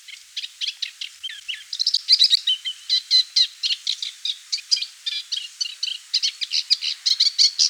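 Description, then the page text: Moustached warbler song, a fast chattering run of scratchy and whistled notes mixed together, continuous throughout. "Moustached Warbler Song. Quick Sounds"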